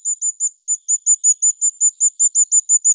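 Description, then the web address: Firecrest giving a rapid series of very high, thin notes, about five or six per second, steady in pitch and evenly spaced apart from one brief gap early on, across three seconds; no other sounds. "Regulus ignicapillus"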